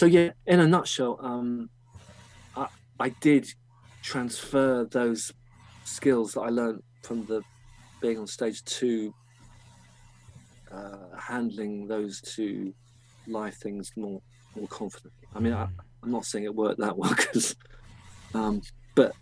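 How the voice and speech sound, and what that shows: Adult male speech with word repetitions, stretched sounds and long silent blocks, typical of stuttering; he has stuttered since about age 6 and has lived with it lifelong.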